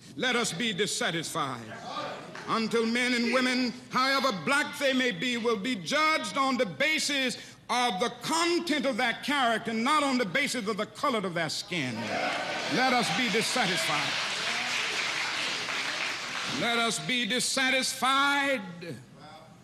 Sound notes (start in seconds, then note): 2.0 in unison; 14.3 in unison